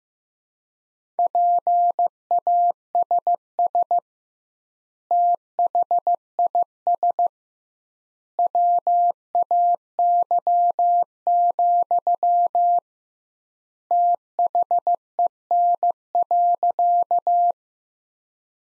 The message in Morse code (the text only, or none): PASS THIS WAY, THEN.